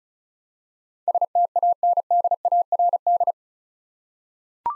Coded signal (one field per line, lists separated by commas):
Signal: Morse code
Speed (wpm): 34 wpm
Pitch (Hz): 700 Hz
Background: none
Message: STANDARD